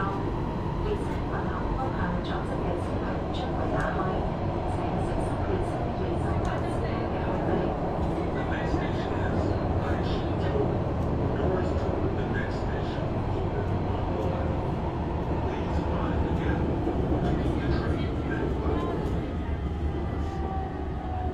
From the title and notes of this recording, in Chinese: Cooling in Metro, Shenzhen。深圳地铁冷气开得很足。那天下午三四点的样子，我从地铁 1 号线鲤鱼门站上车。地铁里没什么人，很干净，很凉快，然后录下了这段音频。